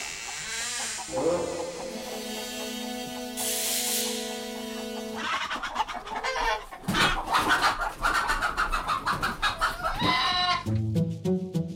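Chickens in a henhouse cluck and squawk in a busy, overlapping flurry, with one drawn-out call near the start and sharper bursts of agitated clucking building toward the end.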